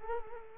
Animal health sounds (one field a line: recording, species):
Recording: mosquito wingbeat signal from an infrared sensor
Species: Culex quinquefasciatus